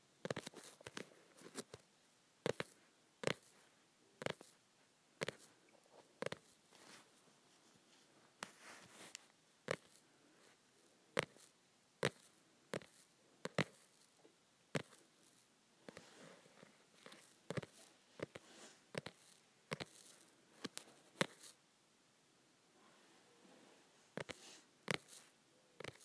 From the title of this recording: Tapping my Softcover Books